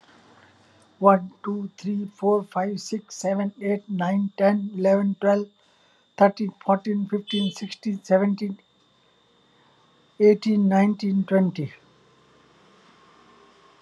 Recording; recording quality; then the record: counting at a normal pace; excellent, no background noise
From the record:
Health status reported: healthy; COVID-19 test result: not tested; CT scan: not taken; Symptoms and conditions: none ticked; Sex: female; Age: 51 years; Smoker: no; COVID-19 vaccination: both doses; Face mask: not worn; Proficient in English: yes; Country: India